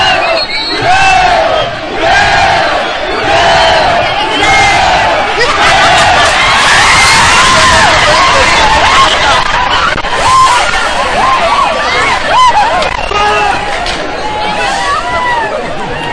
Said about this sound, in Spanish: Salió el torito y salió toda la gente corriendo hacia los extremos de la calle. Ahí va el torito corriendo.